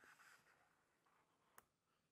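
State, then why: Seated. An OM System camera body is rotated in a lens tripod collar from horizontal to vertical, with faint soft rubbing and handling noise during the turn. At 1.6 s a single sharp, brief click sounds as the collar snaps into its vertical detent stop, confirming that the camera is seated at vertical.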